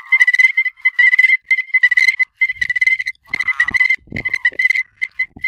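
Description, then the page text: Strecker's chorus frog chorus: clear, high chirps repeated rapidly and overlapping, with some lower wavering notes. Arkansas. "Herps of Arkansas: Strecker's Chorus Frog (Pseudacris streckeri)"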